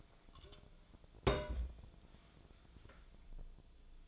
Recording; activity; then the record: daily activity, microphone in the room; place on stove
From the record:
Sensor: 5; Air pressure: 1010.0 hPa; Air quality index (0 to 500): 150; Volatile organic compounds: 3 ppm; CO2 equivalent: 1468 ppm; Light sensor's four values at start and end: 248/603/257/283 and 248/602/257/283